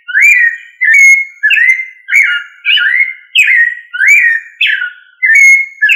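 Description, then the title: Thrush singing a steady series of fluty, slurred whistles that swoop up and down, one phrase roughly every half to two-thirds of a second, with no other sounds. "Familia Turdidae - Sabia"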